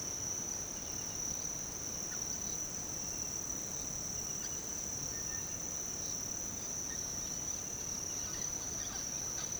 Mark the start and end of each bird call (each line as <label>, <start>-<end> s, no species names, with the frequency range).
bird call (0.7-4.9 kHz), 8.11-9.08 s